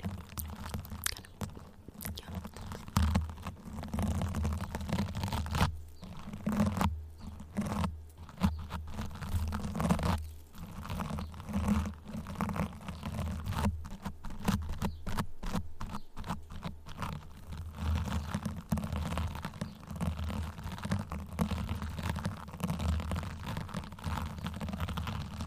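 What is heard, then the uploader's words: Crisp mouth sounds with soft tapping fill the whole stretch, a dense run of quick clicks and crunchy pops that rarely pauses. A low steady hum sits underneath. There are quite a bit of mouth sounds, and I also added in random triggers I’ve been wanting to try out. Mouth Sounds & Tapping.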